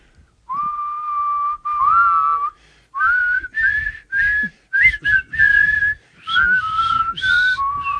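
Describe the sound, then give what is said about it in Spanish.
A person whistles a melodic chorus in a series of clear, sustained phrases, the pitch gliding and stepping between notes with short pauses in between. No talking is heard. “Después sé que pongo cara rara yo para silbar.”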